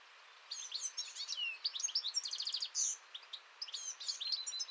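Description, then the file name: European goldfinch song: continuous lively twittering with liquid slurred notes and a brief dry rattle, delivered in a quick, jangling stream. "Chardonneret-élègant"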